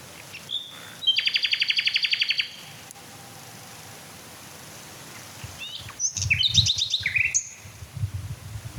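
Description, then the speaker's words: Common Nightingale song: a short note, a fast repeated trill, a pause, then a burst of quick varied notes. Singing at night in fields on a completely still night, waning half moon, slowly drifting clouds; song described as sobbing, with beating and fluting. "Oh, das schöne Schluchzen. Lauschen wir doch noch ein paar Minuten Herrn Nachtigall."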